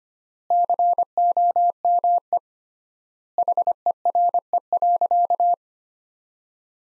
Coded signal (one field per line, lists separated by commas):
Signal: Morse code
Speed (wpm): 25 wpm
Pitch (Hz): 700 Hz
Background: none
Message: COME HERE.